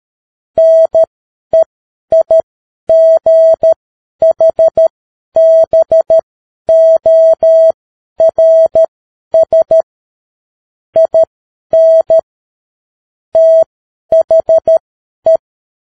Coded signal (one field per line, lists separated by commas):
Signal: Morse code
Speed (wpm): 13 wpm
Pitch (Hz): 650 Hz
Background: none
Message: NEIGHBORS IN THE